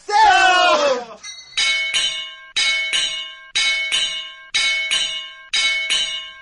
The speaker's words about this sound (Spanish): Y aquí las siguientes radios, todas las demás radios van a seguir dando las campanadas, pero usted no le da tiempo, entonces nosotros, en lo que usted la piensa...